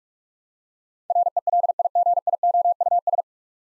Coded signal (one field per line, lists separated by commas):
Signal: Morse code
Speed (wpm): 46 wpm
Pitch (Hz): 700 Hz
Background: none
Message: RELIGIOUS